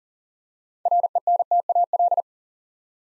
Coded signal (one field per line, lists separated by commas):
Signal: Morse code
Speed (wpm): 38 wpm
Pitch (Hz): 700 Hz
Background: none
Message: RENTAL